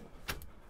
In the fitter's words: anschließend das ganze einfach wieder einrasten lassen ist damit direkt verspannt und schon ist es fertig